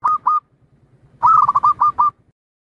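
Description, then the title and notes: Zebra dove song: two short cooing notes, a pause, then a quick run of about seven mellow warbled coos, clear against a quiet background. Compiled zebra dove song intended for training other birds to learn the song. "Kupulan Burung Perkutut. burung perkutut yang bisa digunakan untuk memaster"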